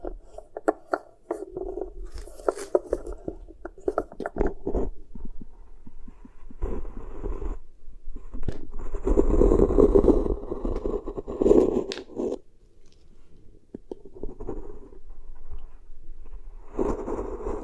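Beeswax is pressed and kneaded, giving sticky crackles and clicks early on, then denser squishing bursts around ten seconds and again near the end.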